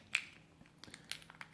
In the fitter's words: very easy to return it to place you just put a little pressure in it will click in now